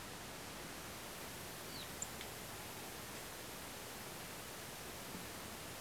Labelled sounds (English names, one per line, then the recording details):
unidentified bird
Song Thrush
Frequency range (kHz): unidentified bird 3.6-4.7 kHz; Song Thrush 6.9-9.3 kHz
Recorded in France